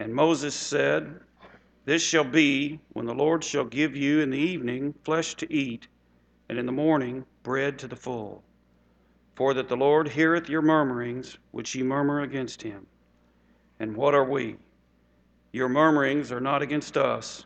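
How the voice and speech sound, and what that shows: A man reads scripture aloud in a steady, clear voice with even pacing and natural pauses; his speech is ordinary.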